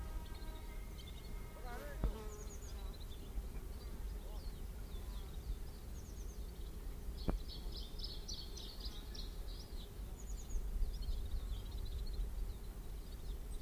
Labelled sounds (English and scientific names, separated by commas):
Canary Islands Chiffchaff (Phylloscopus canariensis) song